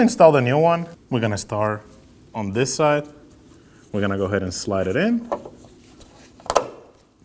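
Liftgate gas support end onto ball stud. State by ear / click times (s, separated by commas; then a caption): seated / 6.5 s, 6.6 s. Someone talks while the socket end of a new gas lift support is slid onto the ball stud on the liftgate of a 2017-2024 Nissan Armada. Sharp clicks at 6.5 s and 6.6 s mark the socket seating securely on the ball stud.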